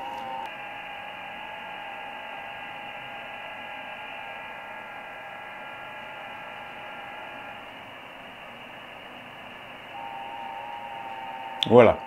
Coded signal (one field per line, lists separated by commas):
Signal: FT8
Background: speech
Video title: Du shack au sommet : Le XIEGU X6200, votre compagnon radio ultime tout-terrain !